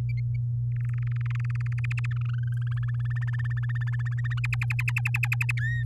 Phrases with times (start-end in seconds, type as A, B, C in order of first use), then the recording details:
0.72-1.80 A, 1.84-2.06 B, 2.11-3.83 C, 3.87-4.39 D, 4.44-5.52 E, 5.57-5.83 F. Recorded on 11 May 2018 at 06:18. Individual llb16